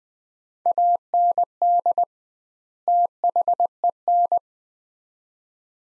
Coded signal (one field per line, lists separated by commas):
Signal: Morse code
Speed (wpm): 20 wpm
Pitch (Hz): 700 Hz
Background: none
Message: AND THEN